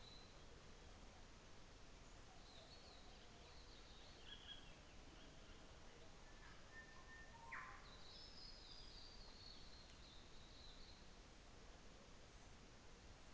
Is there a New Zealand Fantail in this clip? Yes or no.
no